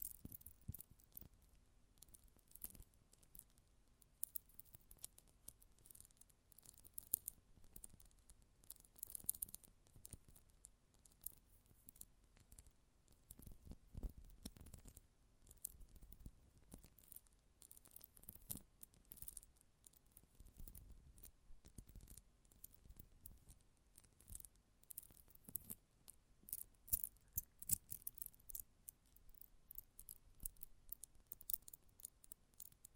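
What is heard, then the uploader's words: Close-up metallic sounds: a dense, irregular stream of sharp clicks, scrapes and small rattles, with brighter bursts around 7, 15 and 27 seconds. ASMR Close Up Metallic Sounds (No Talking).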